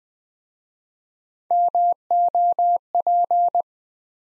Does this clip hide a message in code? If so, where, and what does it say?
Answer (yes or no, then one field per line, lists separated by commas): yes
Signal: Morse code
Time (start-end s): 1.5-3.6 s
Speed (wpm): 20 wpm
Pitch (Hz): 700 Hz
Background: none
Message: MOP